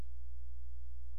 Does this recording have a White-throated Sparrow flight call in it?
no